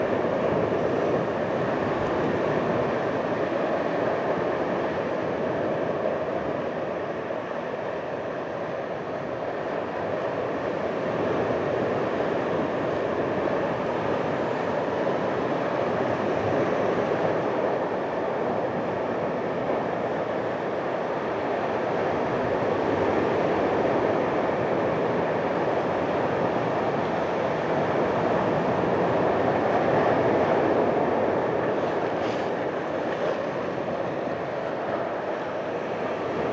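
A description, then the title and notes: Gentle waves wash onto the strand in a continuous, dense rush with no clear breaks between them. The sound sits mostly in the low and middle range and holds nearly level throughout, swelling slightly around the middle and again near thirty seconds. Quite time at Grange Strand, gentle wave flow meditation.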